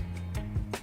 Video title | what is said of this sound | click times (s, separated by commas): SCSR 214,546 Subscriber Party Video Jukebox | Okay, it did go ahead and snap in place. | 0.7 s